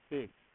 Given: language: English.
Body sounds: throat vibration sensor signal played as sound; speech

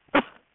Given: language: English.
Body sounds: throat vibration sensor signal played as sound; cough

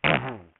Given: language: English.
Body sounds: throat vibration sensor signal played as sound; throat clearing

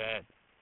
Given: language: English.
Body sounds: throat vibration sensor signal played as sound; speech

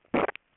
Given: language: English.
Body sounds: throat vibration sensor signal played as sound; swallow

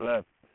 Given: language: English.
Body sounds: throat vibration sensor signal played as sound; speech

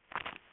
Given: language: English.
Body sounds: throat vibration sensor signal played as sound; swallow

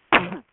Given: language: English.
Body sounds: throat vibration sensor signal played as sound; cough

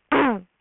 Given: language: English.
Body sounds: throat vibration sensor signal played as sound; throat clearing

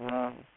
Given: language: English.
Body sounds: throat vibration sensor signal played as sound; speech

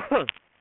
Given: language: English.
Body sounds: throat vibration sensor signal played as sound; cough

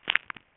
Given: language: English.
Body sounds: throat vibration sensor signal played as sound; swallow

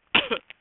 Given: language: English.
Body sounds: throat vibration sensor signal played as sound; cough

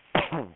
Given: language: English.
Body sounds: throat vibration sensor signal played as sound; cough

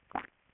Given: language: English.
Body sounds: throat vibration sensor signal played as sound; swallow

